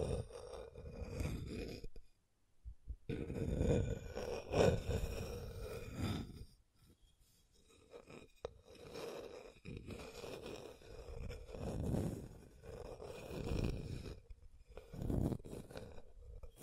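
Scratching and tracing strokes rasp along in uneven bursts, each lasting a second or two, with short gaps between them. The scraping is gritty and full, heaviest in the low range, and steadies into a sustained rub around ten to fifteen seconds.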